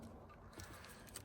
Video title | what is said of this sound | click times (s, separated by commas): 2019-2021 Toyota Rav4 - How to Install Remote Starter Kit | Fit straight like that till you hear it click, | 1.2 s